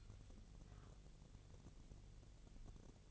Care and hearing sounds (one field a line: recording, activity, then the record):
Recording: daily activity, microphone in the room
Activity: take from stove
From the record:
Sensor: 4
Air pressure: 1000.8 hPa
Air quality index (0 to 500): 126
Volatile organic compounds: 1 ppm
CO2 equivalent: 945 ppm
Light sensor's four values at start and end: 37/91/38/41 and 37/91/38/42